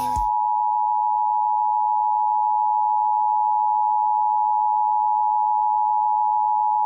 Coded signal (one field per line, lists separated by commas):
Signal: Emergency Alert System (SAME) tones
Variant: 853 and 960 Hz attention tone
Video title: DAVIDSON ON FFE... EAS Alerts From 8/8/24 8/9/24 (EAS#1,833 - #1,839)